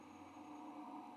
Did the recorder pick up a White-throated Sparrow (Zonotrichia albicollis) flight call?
no